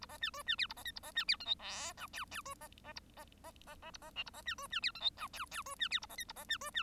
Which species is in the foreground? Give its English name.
Bengalese Finch